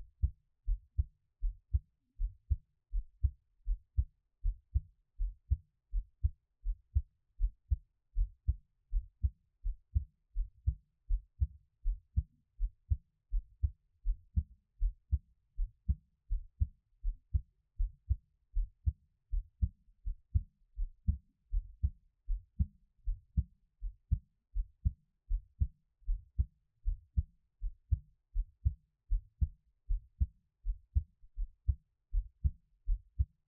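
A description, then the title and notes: A heartbeat thuds steadily, each beat a deep, muffled double thump repeating at a regular, fairly quick pace of roughly two beats per second. The sound stays low and dull throughout, with near silence between beats and nothing else in the background. 台灣ASMR | 獻上我的心跳 | Give my Heartbeat | NO Talking. 每月一更的心音.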